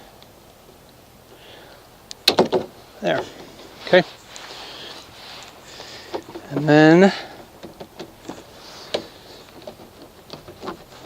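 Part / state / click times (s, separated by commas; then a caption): window weather stripping onto car door frame / not seated / none. A window weather strip is handled against a car door frame, giving sharp taps and snaps around 2.3 s, 4.0 s and 9.0 s and a brief rubbing squeak near 6.8 s while someone talks. The strip has not snapped into place yet, and nothing has seated by the end of the clip.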